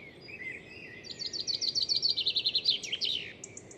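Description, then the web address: Bird song: a faint note, then a fast bright trill of repeated high chirps for about two seconds, ending in a few higher squeaks. "Deverinetal. Bird Only"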